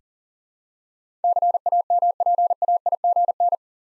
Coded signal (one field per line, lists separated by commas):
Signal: Morse code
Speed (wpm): 40 wpm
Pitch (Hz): 700 Hz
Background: none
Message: CAMPAIGN